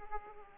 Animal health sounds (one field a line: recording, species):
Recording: mosquito wingbeat signal from an infrared sensor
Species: Aedes aegypti